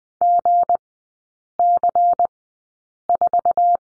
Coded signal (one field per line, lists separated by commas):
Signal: Morse code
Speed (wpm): 20 wpm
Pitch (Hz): 700 Hz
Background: none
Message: GC4